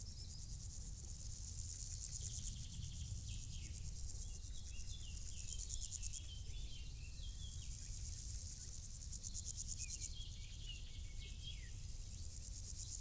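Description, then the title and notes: Insects stridulating in high pulsed bursts that swell and fade, with faint chirps and a steady low rumble underneath. Insects stridulating in grass on île Gabriel, Brangues, France; sunny summer afternoon, June 2021; two small Lom Usi Pro capsules in stereo AB placed in the grass, SD MixPre 6. "île Gabriel - Brangues, France - Bourdons et crissements estivaux. Une après-midi ensoleillée sur l'île Gabriel. en juin 2021. je dépose deux petites capsules dans l'herbe afin de capter les stridulations des insectes à cette saison"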